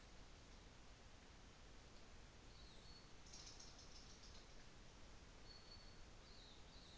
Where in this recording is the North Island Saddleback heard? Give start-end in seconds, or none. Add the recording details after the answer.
none. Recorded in New Zealand on 24 December 2018. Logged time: 15:05